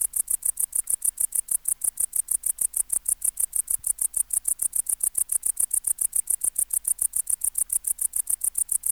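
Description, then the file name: Tettigonia hispanica bush-cricket singing a continuous sequence of sharp, high-pitched ticking syllables at a brisk, even rate of several per second. "Tettigonia hispanica"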